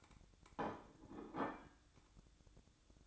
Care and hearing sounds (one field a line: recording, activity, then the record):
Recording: daily activity, microphone in the room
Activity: place plate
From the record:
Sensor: 3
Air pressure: 1007.5 hPa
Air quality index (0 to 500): 54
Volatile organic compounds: 1 ppm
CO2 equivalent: 591 ppm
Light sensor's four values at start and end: 9/21/8/8 and 9/21/8/8